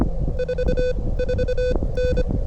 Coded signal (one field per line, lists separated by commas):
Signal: Morse code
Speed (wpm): 24 wpm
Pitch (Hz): 500 Hz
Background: none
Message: 44N